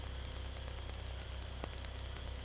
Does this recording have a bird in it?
no